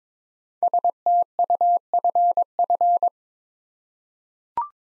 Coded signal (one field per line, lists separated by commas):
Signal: Morse code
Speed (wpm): 22 wpm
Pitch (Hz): 700 Hz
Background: none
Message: STUFF